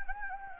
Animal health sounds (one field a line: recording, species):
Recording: mosquito wingbeat signal from an infrared sensor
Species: Anopheles gambiae